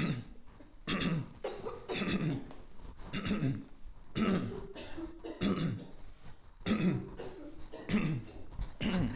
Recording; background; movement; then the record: throat clearing; a bystander coughing; walking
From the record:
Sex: male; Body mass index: 22.0 kg/m2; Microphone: on the chest, facing outward